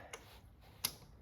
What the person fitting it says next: and I heard it click in place